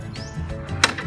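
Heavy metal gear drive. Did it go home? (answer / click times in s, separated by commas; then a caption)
yes / 0.8 s. A sliding gate motor's drive gear re-engages the gate rack after the manual release is locked back, as the gate is pushed a little forward or back by hand. One sharp, loud hit sounds at 0.8 s over low rumbling background noise, and the clutch is seated back in lock.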